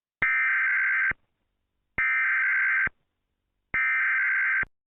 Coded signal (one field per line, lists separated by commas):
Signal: Emergency Alert System (SAME) tones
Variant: header bursts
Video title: EAS - Not Lovin' It